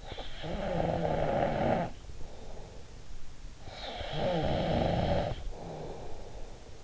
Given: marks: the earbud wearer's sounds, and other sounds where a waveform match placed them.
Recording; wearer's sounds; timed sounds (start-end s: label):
sounds in sleep by an in-ear microphone; snoring breath
0.05-2.95 s: snoring breath
3.60-6.84 s: snoring breath